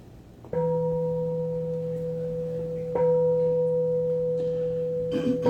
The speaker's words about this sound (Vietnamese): Đứng cho thầy ba tiếng chuông này.